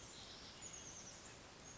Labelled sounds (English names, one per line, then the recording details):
Oak Titmouse
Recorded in Sonoma County, California